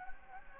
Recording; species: mosquito wingbeat signal from an infrared sensor; Anopheles gambiae